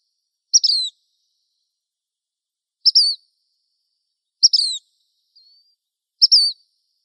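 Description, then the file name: Black phoebe calls: four sharp, high two-part notes, each with a quick downward slur, spaced irregularly about one and a half to two and a half seconds apart in otherwise quiet surroundings. Recorded in Arizona. "deviche"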